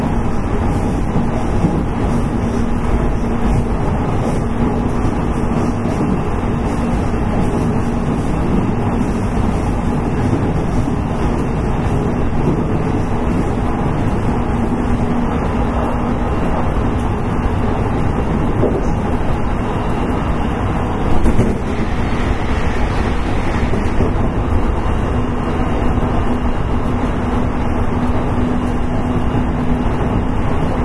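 Onboard a Series 813 electric train running on a rapid service, a steady low rumble with a faint hum and a brief bump around twenty-one seconds.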